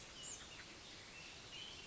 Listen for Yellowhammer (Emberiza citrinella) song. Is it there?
no